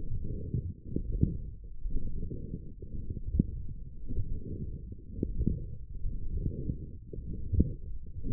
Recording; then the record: forearm muscle sounds (acoustic myography)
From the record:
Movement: forearm pronation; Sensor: system 1, eight BSWA MPA416 microphones around the upper forearm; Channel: 3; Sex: female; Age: 20 years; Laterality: right